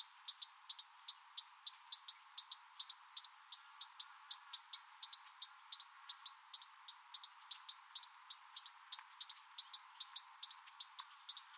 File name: dusky hummingbird